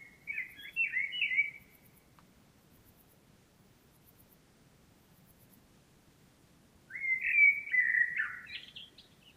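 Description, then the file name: Common blackbird song with two mellow warbled phrases several seconds apart, the second ending in a brief high squeaky flourish. "Turdus merula"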